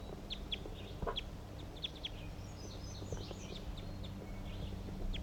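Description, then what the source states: Crossbill calls: several short, sharp high notes, faint over a steady low rumble. A wild bird, the same individual recorded earlier, near a net.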